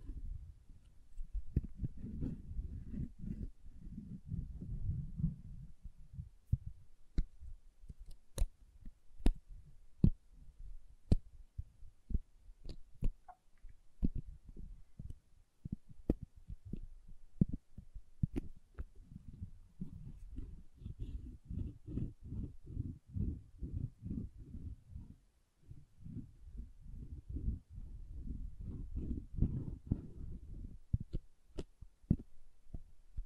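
Soft, hard soap being tapped and carved, with dense, rapid dull taps and scraping strokes that sit low and muffled. Sharp, bright clicks cut through irregularly, often several per second. The scraping thins out around the middle, then thickens again toward the end.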